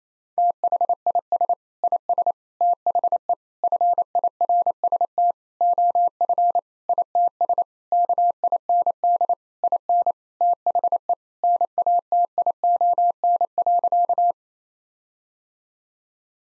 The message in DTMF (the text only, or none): none